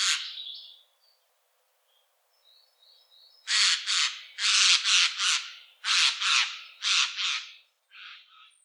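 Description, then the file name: Eurasian jay giving harsh, rasping screeches, mostly in pairs, repeated roughly once a second after a single opening screech and a few faint softer notes. "Garrulus glandarius"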